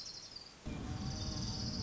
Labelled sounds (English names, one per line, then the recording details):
Orange-crowned Warbler
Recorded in Sonoma County, California